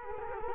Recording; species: mosquito wingbeat signal from an infrared sensor; Culex quinquefasciatus